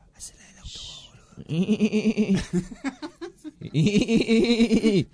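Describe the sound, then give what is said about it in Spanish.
A camel gives two drawn-out, wavering bellows with a pulsing, bleat-like quality, separated by a few short grunts; the calls are fairly loud and harsh. “Ese es un camello.”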